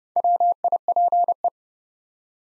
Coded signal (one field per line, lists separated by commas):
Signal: Morse code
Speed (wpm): 30 wpm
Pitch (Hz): 700 Hz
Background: none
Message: WIPE